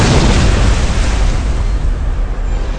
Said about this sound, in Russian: Несколько секунд спустя оглушительным мощным взрывом вырвало огромную дыру у ватерлинии Блу-Рей.